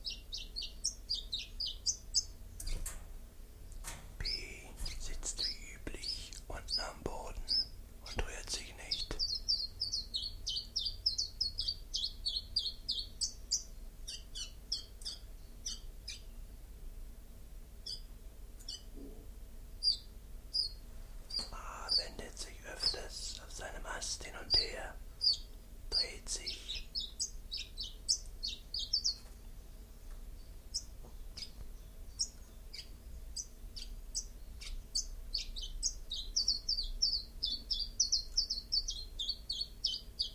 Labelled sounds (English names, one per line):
Common Chiffchaff song